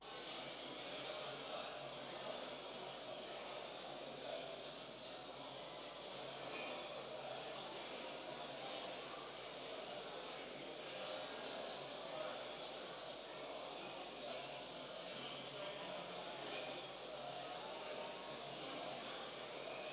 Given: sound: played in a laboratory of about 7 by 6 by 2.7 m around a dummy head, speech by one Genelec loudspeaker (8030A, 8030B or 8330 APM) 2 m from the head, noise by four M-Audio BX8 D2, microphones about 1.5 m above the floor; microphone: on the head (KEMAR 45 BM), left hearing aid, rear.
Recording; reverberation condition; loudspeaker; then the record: cafeteria noise; high; four, about 170 cm from the corners of the room and facing them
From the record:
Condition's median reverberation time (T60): about 1300 ms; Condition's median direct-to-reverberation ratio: about -4.0 dB